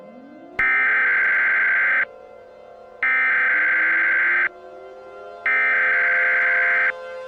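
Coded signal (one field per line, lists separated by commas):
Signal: Emergency Alert System (SAME) tones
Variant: header bursts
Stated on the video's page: Fictional fan-made EAS scenario, a remake of an earlier scenario, not a real alert.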